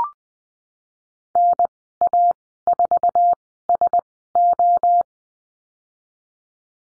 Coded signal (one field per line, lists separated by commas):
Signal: Morse code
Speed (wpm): 20 wpm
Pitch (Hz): 700 Hz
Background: none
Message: NA4SO